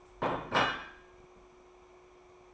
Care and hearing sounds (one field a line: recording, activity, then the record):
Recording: daily activity, microphone in the room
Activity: place plate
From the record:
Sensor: 1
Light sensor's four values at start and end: 4/9/3/3 and 4/9/3/3